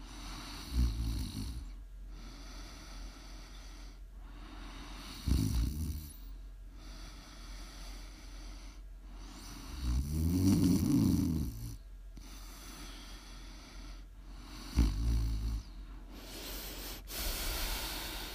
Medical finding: ASMR snoring.